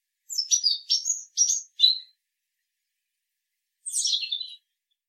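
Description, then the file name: European robin singing: a quick run of high, thin, scratchy notes tumbling downward, then a short pause and one more fast descending twittering phrase, with no other sounds. "Erithacus rubecula"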